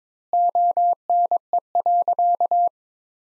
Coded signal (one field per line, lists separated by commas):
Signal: Morse code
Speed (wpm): 22 wpm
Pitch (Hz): 700 Hz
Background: none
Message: ONE.